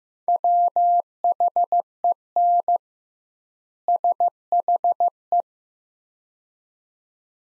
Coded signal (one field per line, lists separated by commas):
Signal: Morse code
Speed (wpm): 15 wpm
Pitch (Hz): 700 Hz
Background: none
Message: WHEN SHE